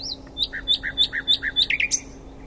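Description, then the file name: Common nightingale singing a quick phrase of alternating high and low whistled notes, repeated several times, ending in a sharp upward flourish. "Luscinia megarhynchos"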